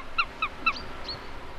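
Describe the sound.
Eurasian sparrowhawk uttering three sharp, falling kew notes in quick succession, followed by fainter higher sounds and quiet background noise.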